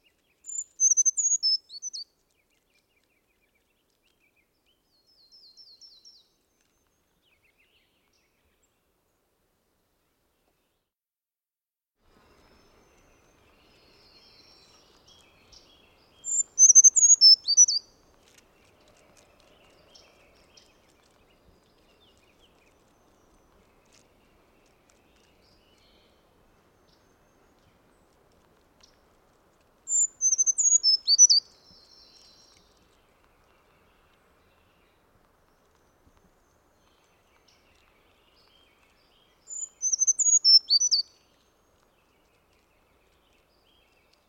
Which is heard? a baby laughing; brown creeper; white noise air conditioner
brown creeper